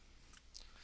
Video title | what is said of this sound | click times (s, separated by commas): Cisco DFC 3 card Install | move your fingers the both sides and set it back in until it clicks | 0.6 s